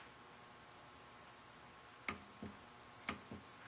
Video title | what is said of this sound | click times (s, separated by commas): auto 1 10 23 | and we're going to turn this and if you listen you will hear it click | 2.1 s